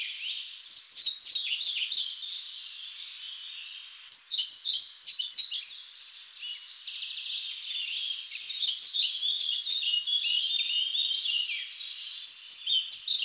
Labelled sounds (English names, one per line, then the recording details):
European Pied Flycatcher song
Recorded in the wild
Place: Waltershofen / Freiburg im Breisgau, Baden-Württemberg, DE
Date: 2007-05-04
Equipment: MiniDisc Sharp MT 20 H
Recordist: Schwarz, Dieter
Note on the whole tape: Song